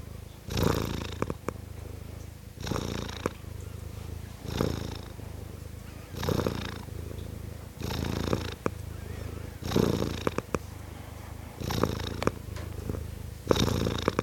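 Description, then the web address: Cat purr, a continuous deep drone swelling into a loud breathy burst about every two seconds. Purring of a tom cat. "BBC Cats Purring"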